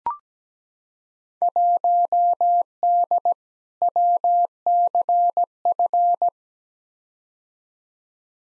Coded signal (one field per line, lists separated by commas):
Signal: Morse code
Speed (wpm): 17 wpm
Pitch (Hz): 700 Hz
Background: none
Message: 1D WCF